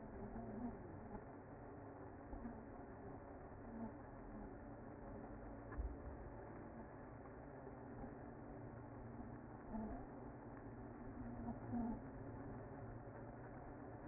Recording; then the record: honeybee colony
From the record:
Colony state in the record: active